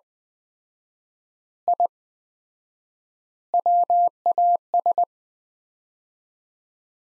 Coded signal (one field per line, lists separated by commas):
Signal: Morse code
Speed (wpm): 20 wpm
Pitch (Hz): 700 Hz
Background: none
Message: I WAS